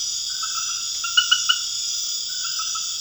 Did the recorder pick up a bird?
no